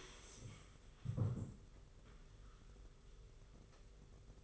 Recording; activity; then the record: daily activity, microphone in the room; stand up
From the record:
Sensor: 4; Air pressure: 991.2 hPa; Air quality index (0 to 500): 136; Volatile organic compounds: 52 ppm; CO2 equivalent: 3323 ppm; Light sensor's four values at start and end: 25/81/30/31 and 25/81/30/31